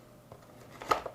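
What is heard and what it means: The cleaning head of a Dyson Light Ball vacuum, taken off for brush roller cleaning or tangles, is lined up from the bottom and pushed back onto the vacuum cleaner body. After a quiet stretch with faint handling, it clicks into place at 0.9 s, followed by a few more short handling knocks. The head is seated and secure.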